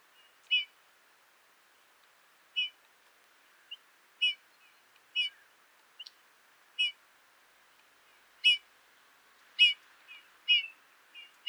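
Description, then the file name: Eurasian bullfinch calling with brief, clear whistled notes, spaced irregularly about one to two seconds apart, with a few softer notes between them. "Pyrrhula pyrrhula"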